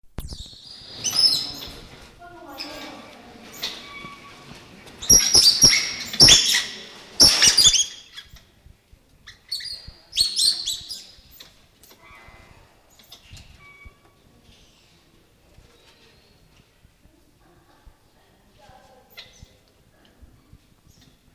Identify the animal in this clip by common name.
White-nosed Coati